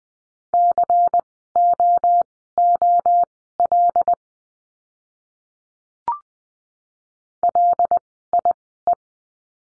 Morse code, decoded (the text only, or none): COOL LIE